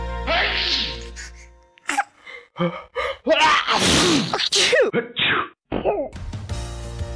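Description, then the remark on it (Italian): A sharp sneeze bursts out near the start, followed by a run of breathy gasps, vocal sounds and snorts in quick, uneven succession, fairly loud and with no clear speech. “Stavo riflettendo che se per ogni starnuto mettessimo da parte una monetina, almeno io probabilmente sarei diventata molto ricca.”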